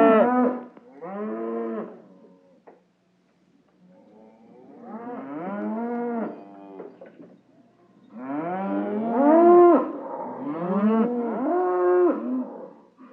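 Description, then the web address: Cattle bellowing, many animals calling in overlapping drawn-out moos, a pause after the first calls, a second group, another short pause, then a dense loud cluster of bellows. Many cows bellowing. "SFXSource AOS Cows Many Bellowing"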